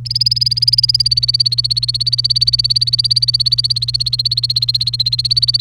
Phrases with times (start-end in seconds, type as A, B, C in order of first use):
0.05-5.61 A